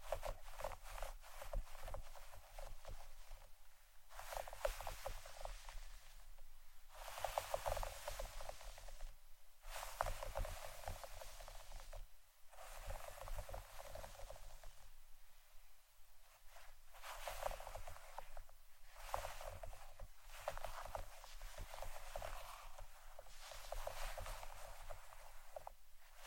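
Scratching and brushing in repeated strokes, each a dry, bright rasp lasting a second or so, arriving every two to three seconds. Between the louder sweeps runs a quieter, busy crackle of fine scraping, and a faint low rumble sits underneath throughout.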